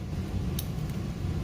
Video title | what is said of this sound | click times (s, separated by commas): Diving into Rapidfire! Installing Rapidfire Module and OSD Interface | try to lock that back into place there we go you'll hear it click and then you know you have it in there correctly | 0.6 s